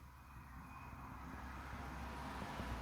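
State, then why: Not seated. The manual neutral override on a BMW dual-clutch transmission is turned under tension with the engine off, to put the gearbox into neutral. A steady low rumble and hiss grows slightly louder throughout. Nothing has clicked into place yet.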